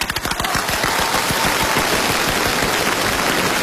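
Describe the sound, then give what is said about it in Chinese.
An audience breaks into loud, steady applause, a dense crackle of many hands clapping that continues without pause for several seconds, with no voices heard. “就我们俩是好人啊，这鼓掌的这不都是好人吗？”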